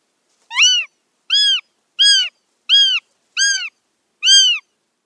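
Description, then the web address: Northern goshawk calls: six harsh, nasal wails with rich harmonics, each slightly arched in pitch, repeated well under a second apart against a silent background. Female. "Schulze Peter Goshawk female"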